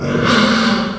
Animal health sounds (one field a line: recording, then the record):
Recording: squeal of a Yucatan mini pig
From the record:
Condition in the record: after surgery on the right vocal fold (resection and tissue-engineered implant)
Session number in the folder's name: 16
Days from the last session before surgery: 183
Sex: female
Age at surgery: 19 weeks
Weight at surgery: 25 kg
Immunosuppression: prednisolone